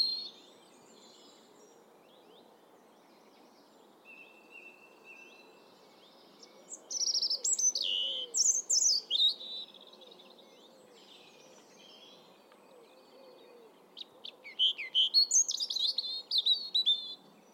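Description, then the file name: European robin delivering high, varied phrases of thin whistles and quick descending trills, two main bursts, over a soft continuous low hum. "Erithacus rubecula"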